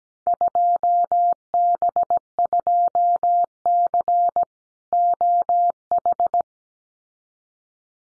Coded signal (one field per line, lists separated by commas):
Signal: Morse code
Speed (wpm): 17 wpm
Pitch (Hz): 700 Hz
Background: none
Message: 2B2C OH